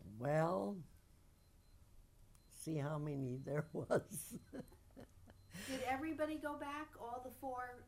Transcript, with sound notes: Well, see how many there (she laughs)
Did everybody go back? All the four